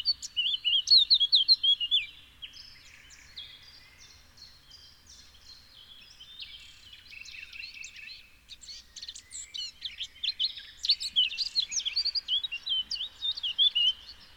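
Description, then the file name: Eurasian blackcap giving a fast, jumbled warble of clear whistles and scratchy notes, a loud burst at the start, a softer busy stretch, then louder phrases near the end. "Sylvia atricapilla"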